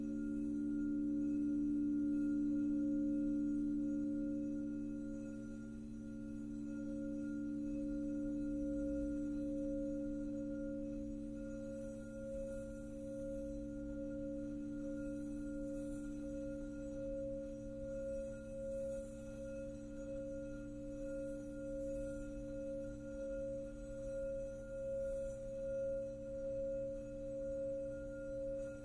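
A crystal singing bowl rings with a steady, pure low tone and a few higher overtones, swelling early then pulsing gently in slow, regular waves.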